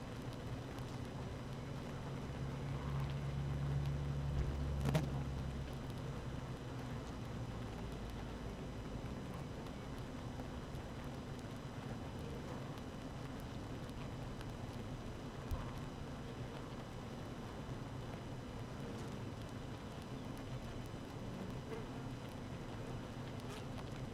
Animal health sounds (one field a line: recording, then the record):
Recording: honeybee colony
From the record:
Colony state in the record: active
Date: 12 June 2018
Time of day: 7:13